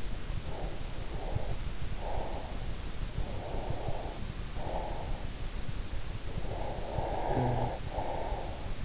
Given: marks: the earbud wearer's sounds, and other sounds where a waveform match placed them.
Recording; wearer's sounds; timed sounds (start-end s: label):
sounds in sleep by an in-ear microphone; breath, snoring breath
0.46-2.67 s: breath
3.11-5.39 s: breath
6.26-8.84 s: snoring breath